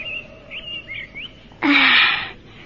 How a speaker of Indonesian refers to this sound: Waktu itu, bumi menjelang tengah hari. Burung-burung ramai berkicau.